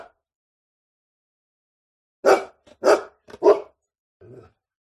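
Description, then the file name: Dog barking, three sharp barks in quick succession followed by a softer, lower bark. Medium-sized dog barking, close. "zapsplat animals dog medium sized barking med close long"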